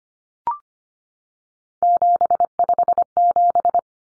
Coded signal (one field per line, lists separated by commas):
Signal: Morse code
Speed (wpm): 25 wpm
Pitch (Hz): 700 Hz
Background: none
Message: 757